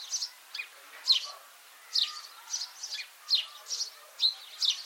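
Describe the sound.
Bird chirps: several short, high notes in loose clusters, over a background hiss.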